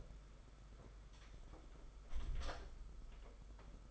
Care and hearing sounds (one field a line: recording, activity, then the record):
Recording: daily activity, microphone in the room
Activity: close door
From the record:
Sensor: 5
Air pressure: 991.8 hPa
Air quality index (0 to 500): 135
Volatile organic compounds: 87 ppm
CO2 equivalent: 3660 ppm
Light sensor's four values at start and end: 34/112/42/45 and 34/112/42/45